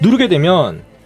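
A DDR4 memory stick is being pressed into a motherboard DIMM slot, its lower end already seated, with the top about to be pushed down so the plastic retention lever snaps shut. Someone talks briefly, and no click is heard. The clip ends before the module goes home, so nothing has seated or clicked yet.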